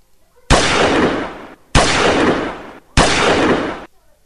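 Three loud gunshots from a raised gun ring out in quick, even succession, each a sharp crack followed by about a second of harsh, roaring tail before the next. No voices are heard.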